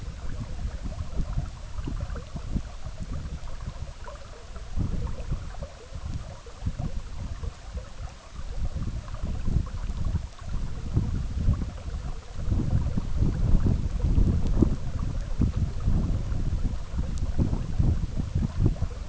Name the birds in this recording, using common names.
none